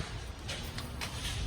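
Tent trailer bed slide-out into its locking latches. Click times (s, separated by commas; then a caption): 0.8 s. The slid-out bed of a 2019 Clipper 125ST tent trailer, having shifted, is pulled back out into its locking latches and locks into place with a single click at 0.8 s. Soft brushing sounds come before and after the click, with a low thump at the very end.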